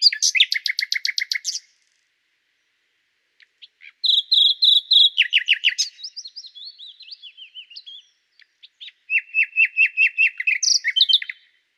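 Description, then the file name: Common nightingale singing: rapid repeated notes, a pause, then loud pulsed phrases, softer notes, and a further run of fast repeated notes. "Luscinia megarhynchos"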